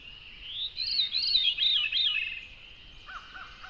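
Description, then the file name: Veery song: one breathy, rolling phrase spiraling downward in rapid, slurred notes, followed by a few soft, lower notes. "very veery"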